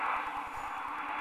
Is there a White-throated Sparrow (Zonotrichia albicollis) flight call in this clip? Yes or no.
no